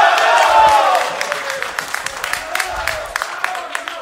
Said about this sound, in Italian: Applaudono tutti, tranne il capitano.